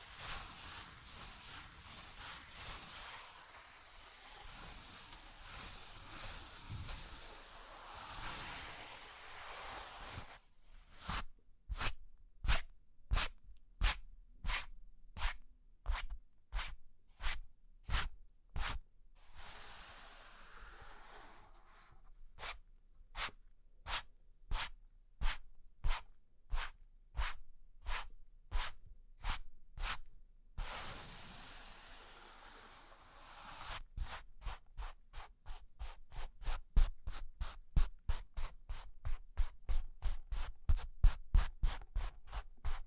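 Cork and wood being scratched and traced, then tapped. The first ten seconds bring continuous scratchy rubbing, followed by a long run of regular crisp taps, a brief return to scraping near twenty seconds, and a faster, denser tapping sequence toward the end.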